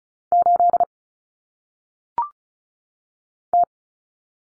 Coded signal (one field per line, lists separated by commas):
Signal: Morse code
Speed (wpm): 36 wpm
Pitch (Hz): 700 Hz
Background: none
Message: 8 T